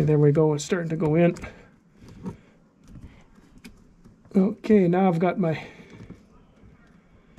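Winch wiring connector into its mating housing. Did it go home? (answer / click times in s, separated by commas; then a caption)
no / none. A winch wiring connector on an ATV is pushed by hand toward its mating housing while someone talks, with a few faint, small handling ticks between the words. The connector is only partly in, and nothing has seated or clicked yet.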